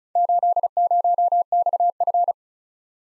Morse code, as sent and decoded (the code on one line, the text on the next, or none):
---.. ----- -..- ..-.
80XF